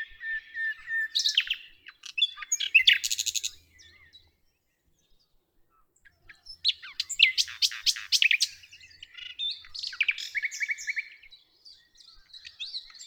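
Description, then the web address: Common nightingale song, with rich phrases of clicks, whistles and fast buzzy trills, a silent gap of about two seconds, then a further long phrase. "usignolo"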